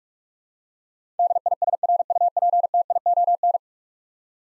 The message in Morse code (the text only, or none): DISRUPTION